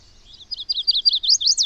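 Bird singing a quick run of high, looping notes that build steadily in loudness over about a second.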